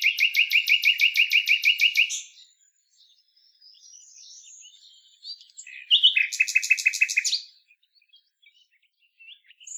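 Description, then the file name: Common nightingale song with a fast run of loud repeated chopping notes, a pause of quiet warbling, then another rapid repeated burst. "Luscinia megarhynchos"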